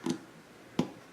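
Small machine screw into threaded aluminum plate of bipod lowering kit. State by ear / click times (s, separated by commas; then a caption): seated / 0.8 s. A #4-40 machine screw is turned backwards in the threaded aluminum plate of a bipod lowering kit. A faint tick comes at 0.1 s, then the thread start clicks into engagement with a sharper click at 0.8 s, and the screw is seated.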